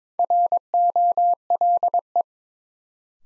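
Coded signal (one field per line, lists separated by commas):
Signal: Morse code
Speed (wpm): 22 wpm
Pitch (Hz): 700 Hz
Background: none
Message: ROLE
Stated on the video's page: Morse new-word head-copy drill at 22 wpm; each word is sent, then spoken, then sent again.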